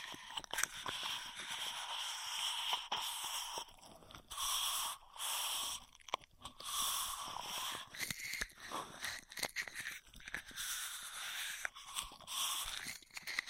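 Intense straw sounds: airy, whistling sucks and blows through a straw come in bursts of a second or two, separated by short pauses. Sharp clicks and crinkly taps scatter throughout, and the tone stays bright and hissy with little low end.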